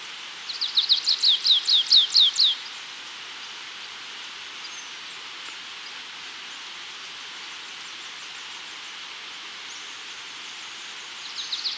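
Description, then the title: Stripe-tailed yellow finch giving a fast series of several high, sharply descending chirps, then near silence with steady hiss, a brief second burst at the end. Nominate subspecies citrina, assumed from location. "LuckyPassaro Completos2Sama. Stripe-tailed Yellow Finch (Sicalis citrina citrina (ssp assumed from location))"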